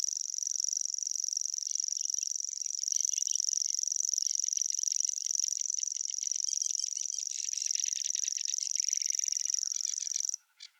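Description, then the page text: Common grasshopper warbler delivering a steady, high mechanical reel without a break, stopping abruptly near the end. "Голос птицы - Обыкновенный сверчок"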